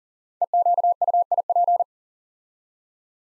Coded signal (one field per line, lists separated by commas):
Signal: Morse code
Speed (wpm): 38 wpm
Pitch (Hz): 700 Hz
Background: none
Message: EQUIP